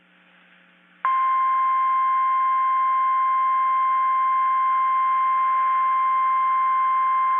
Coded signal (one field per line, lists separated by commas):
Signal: Emergency Alert System (SAME) tones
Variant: 1050 Hz attention tone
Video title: (EAS #10) Tornado Warning for Gulf, Bay, Liberty and Calhoun FL